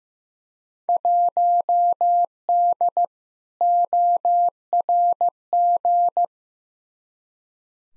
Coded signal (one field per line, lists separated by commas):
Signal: Morse code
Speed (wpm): 15 wpm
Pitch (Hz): 700 Hz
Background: none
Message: 1D ORG